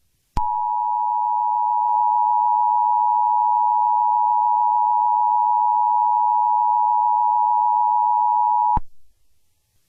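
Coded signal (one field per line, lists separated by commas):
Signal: Emergency Alert System (SAME) tones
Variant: 853 and 960 Hz attention tone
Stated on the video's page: Fictional EAS scenario; simulated, not a real alert.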